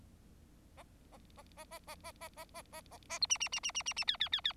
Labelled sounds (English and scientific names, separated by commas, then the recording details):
Bengalese Finch (Lonchura striata domestica) song
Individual Bird4